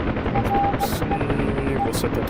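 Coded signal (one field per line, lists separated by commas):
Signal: none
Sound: helicopter cockpit beeps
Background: speech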